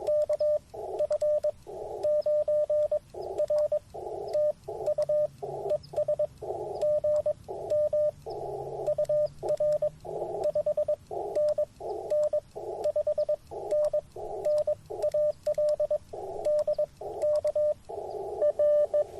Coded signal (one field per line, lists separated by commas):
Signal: Morse code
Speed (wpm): 20 wpm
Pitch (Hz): 590 Hz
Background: radio noise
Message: KF9R TU ES GM UR 5NN 5NN AL DK R